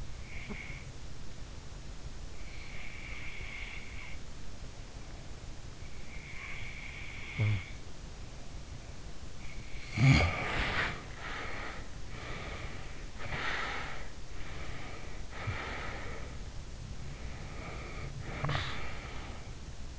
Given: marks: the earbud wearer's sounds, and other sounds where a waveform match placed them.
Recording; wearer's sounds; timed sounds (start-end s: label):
sounds in sleep by an in-ear microphone; snoring breath, breath
0.00-0.88 s: snoring breath
2.49-4.31 s: breath
5.89-8.03 s: snoring breath
10.00-13.20 s: snoring breath
13.31-16.57 s: snoring breath
16.89-19.99 s: snoring breath